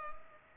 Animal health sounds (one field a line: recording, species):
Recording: mosquito wingbeat signal from an infrared sensor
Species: Culex pipiens